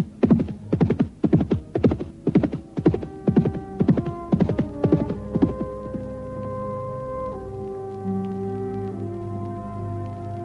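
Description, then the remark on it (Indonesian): A horse's hooves clip-clop in a quick, steady rhythm of about a dozen sharp beats as a rider mounts and rides off home, then stop, leaving a low, continuous hum with faint tonal drones. “Karena itu, buru-buru dia menata kembali pikirannya yang sedang kalut, sebelum kemudian melompat ke atas kuda dan pulang ke rumahnya.”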